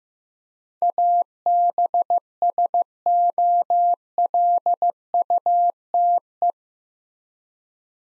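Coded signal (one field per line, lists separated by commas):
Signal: Morse code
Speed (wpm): 15 wpm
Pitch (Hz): 700 Hz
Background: none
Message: ABSOLUTE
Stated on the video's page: Morse code practice of eight-letter words at 15 wpm for head-copy, each word sent, then spoken, then sent again.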